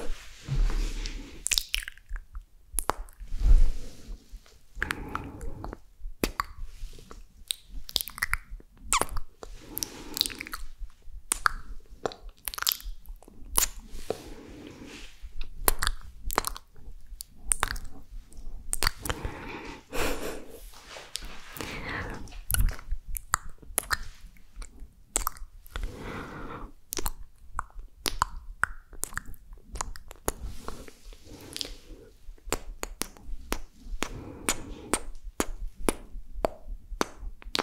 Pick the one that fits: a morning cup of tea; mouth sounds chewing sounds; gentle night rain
mouth sounds chewing sounds